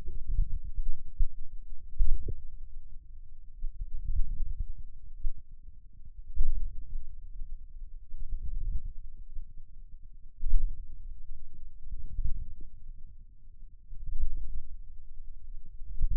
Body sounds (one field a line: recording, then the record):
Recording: forearm muscle sounds (acoustic myography)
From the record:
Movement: inward rotation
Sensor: system 2, bracelet of six BSWA MPA416 microphones around the upper forearm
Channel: 2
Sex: male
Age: 22 years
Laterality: right